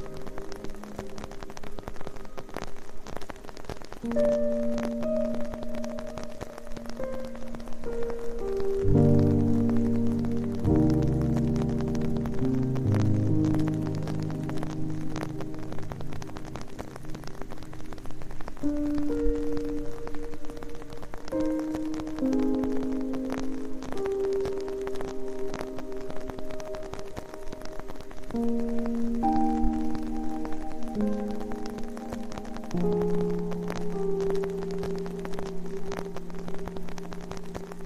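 Evening rain makes a soft, steady hiss beneath slow, sustained low tones that change pitch every few seconds like a gentle melody. Around ten seconds in, a deeper, fuller chord swells, and the overall level stays even to the end.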